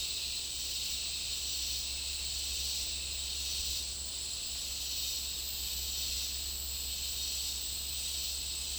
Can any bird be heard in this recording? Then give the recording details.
no. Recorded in dense forest near Puerto Asís, Putumayo, Colombia, on 21 March 2025 at 12:00. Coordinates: 0.499, -76.324. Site GP03